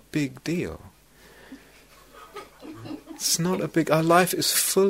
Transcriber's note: laughter